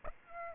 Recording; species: mosquito wingbeat signal from an infrared sensor; Aedes aegypti